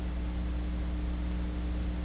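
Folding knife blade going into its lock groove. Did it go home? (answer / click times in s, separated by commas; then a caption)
no / none. A Cold Steel Recon 1 folding knife's steel blade is swung around toward its locking groove. Only a steady low hum with faint broadband hiss is heard, with no sudden sounds. Nothing has snapped or clicked into place yet.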